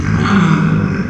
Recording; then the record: squeal of a Yucatan mini pig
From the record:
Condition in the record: after surgery on the right vocal fold (resection and tissue-engineered implant); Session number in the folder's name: 15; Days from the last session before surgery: 175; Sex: female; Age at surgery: 19 weeks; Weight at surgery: 25 kg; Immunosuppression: prednisolone